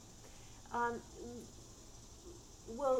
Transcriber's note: cicadas can be heard in the background